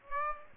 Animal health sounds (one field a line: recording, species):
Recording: mosquito wingbeat signal from an infrared sensor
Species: Aedes aegypti